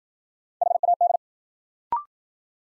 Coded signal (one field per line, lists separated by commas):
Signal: Morse code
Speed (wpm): 53 wpm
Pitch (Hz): 700 Hz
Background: none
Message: HAD